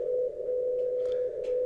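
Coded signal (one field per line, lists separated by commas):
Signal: radio time signal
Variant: WWVB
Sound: steady mid-pitched tone that dips slightly in level about once a second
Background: faint radio noise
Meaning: Pulse-width power drops carry a binary coded decimal time code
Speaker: can hear the 60 kilohertz transmitter from Boulder Colorado it's not Morse code it's a binary coded decimal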